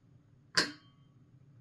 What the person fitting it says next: Okay. So, there was a click there.